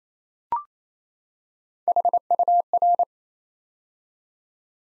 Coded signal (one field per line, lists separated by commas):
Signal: Morse code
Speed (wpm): 27 wpm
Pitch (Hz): 700 Hz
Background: none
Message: HUR